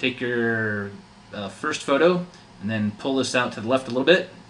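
Someone talks while handling a modified plastic Vivitar Ultra Wide and Slim point-and-shoot film camera, describing how, after taking the first photo, a small control is pulled out to the left to cock the shutter again for a multiple exposure. The clip ends before the shutter-cocking lever latches, so nothing has seated or clicked yet.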